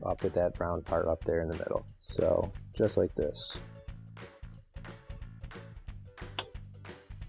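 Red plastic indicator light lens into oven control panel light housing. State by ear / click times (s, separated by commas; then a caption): seated / 6.4 s. A red plastic indicator light lens for a Frigidaire oven (part AP4040893 / PS1765368) is pushed onto the control panel's surface element indicator light housing, with its inner V-shape lined up in the groove. Someone talks over background music at first, then quieter handling sounds follow. The lens clicks and locks into place at 6.4 seconds.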